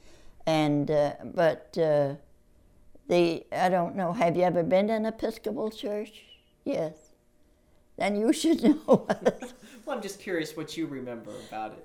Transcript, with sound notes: And-- er — but-- er — they--I don't know, have you ever been in an Episcopal Church? Yes, then you should know. (chuckles)
Well, I'm just curious what you remember about it.